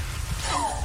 That's the sound of a dog with the flu coughing. Canine flu symptoms are much like ours. They include coughing, sneezing, fever, lethargy, and trouble breathing.